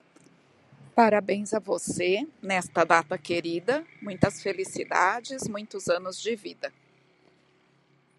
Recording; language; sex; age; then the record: short text; Brazilian Portuguese; female; 50 to 59 years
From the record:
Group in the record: control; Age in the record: 55 years